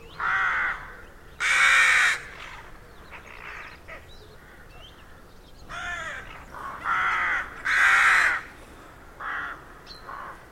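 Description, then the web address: Rook calls: several rasping caws at varying loudness, with quieter cawing in the gaps. Rookery in a derelict abbey; traffic-free background. "Hollywood Edge Historical Series. Rookery In Derelict Abbey"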